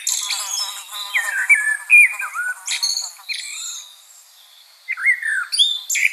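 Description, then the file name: Common blackbird singing: varied phrases of high, scratchy twitters and lower falling whistled notes, with a quiet pause before a last few phrases. "Turdus merula"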